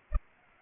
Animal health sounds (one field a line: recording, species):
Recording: mosquito wingbeat signal from an infrared sensor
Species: Culex pipiens